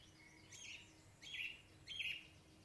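Song thrush phrase: three similar whistled notes repeated at short, fairly even intervals, over a constant low background hum.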